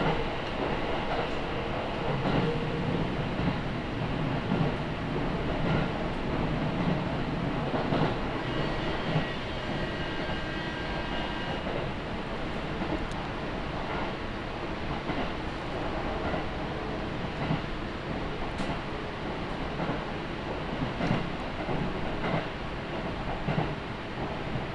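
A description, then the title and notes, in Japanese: A ride on the Gotemba Line train from Yamakita toward Gotemba, with a steady, dense low rumble of the carriage running throughout. Rhythmic clicks and knocks from the wheels recur irregularly, and a faint high whine rises and holds from about eight to twelve seconds. 御殿場線 山北→御殿場。やってくるのは2両とか3両の短い編成です。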